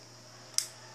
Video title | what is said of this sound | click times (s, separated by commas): Epson l210 paper jam solution | The other side should be here. You can hear the click there. | 0.6 s